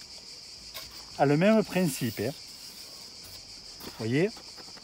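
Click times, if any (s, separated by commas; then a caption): none. A wooden feeder piece is being handled as it is fitted into a 7-frame nuc hive, while someone talks in short bursts over a steady, high-pitched insect-like chirping that runs through the whole clip. The clip ends before the piece goes home, so nothing has seated or clicked yet.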